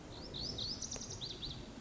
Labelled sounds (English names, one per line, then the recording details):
Lazuli Bunting
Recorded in Sonoma County, California